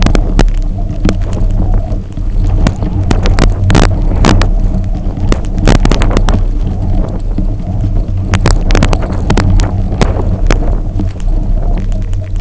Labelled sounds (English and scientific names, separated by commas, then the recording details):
none
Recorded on Arctic tundra, site UTQI-0, on 27 June 2018
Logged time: 00:00